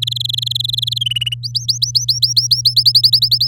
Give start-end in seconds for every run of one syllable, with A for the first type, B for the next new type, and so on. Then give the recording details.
0.02-0.98 A, 1.01-1.34 B, 1.43-2.74 C, 2.76-3.48 D. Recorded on 8 May 2018 at 12:10. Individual llb16